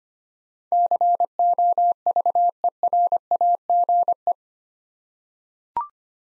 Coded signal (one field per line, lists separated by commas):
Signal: Morse code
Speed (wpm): 25 wpm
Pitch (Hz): 700 Hz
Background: none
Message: COVERAGE